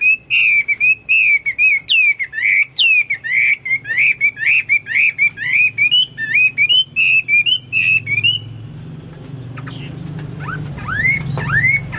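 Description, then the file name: Chinese hwamei song: loud, rich whistled phrases around mid-high pitch, repeated rapidly with sliding notes for eight seconds, then softer whistles over a low background hum. "omkicau hwamei"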